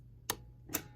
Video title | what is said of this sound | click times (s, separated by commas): Parts of the Sewing Machine pt 3 | there you go you push it until it clicks | 0.3 s